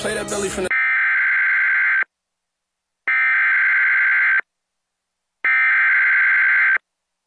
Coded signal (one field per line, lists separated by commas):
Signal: Emergency Alert System (SAME) tones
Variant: header bursts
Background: speech